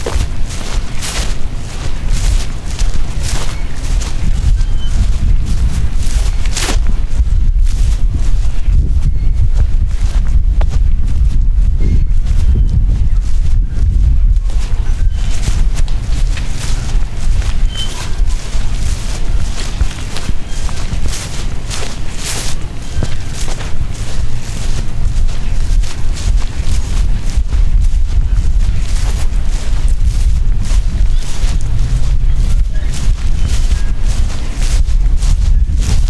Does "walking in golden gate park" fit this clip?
yes